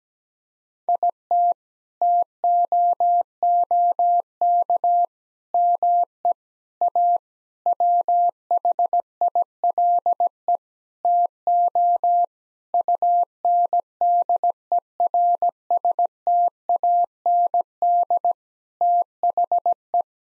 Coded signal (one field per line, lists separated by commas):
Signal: Morse code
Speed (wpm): 17 wpm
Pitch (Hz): 700 Hz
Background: none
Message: IT TOOK ME A WHILE TO UNDERSTAND THE